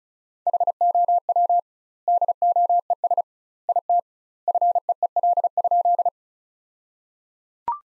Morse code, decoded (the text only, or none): HOW DOES IT FEEL?